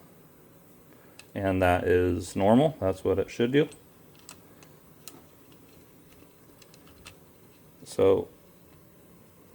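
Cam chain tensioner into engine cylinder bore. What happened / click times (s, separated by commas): The part is being handled and ratcheting but has not seated yet / none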